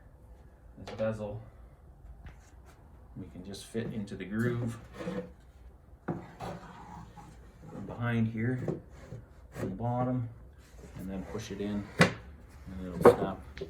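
A Dell 2007FP 20-inch monitor bezel is fitted from behind into the bottom groove of an arcade cabinet while someone talks, with wood rubbing sounds and brief knocks near 2.3 s and 6.1 s. The bezel is only lined up in the groove before being pushed in, and nothing has seated or clicked yet.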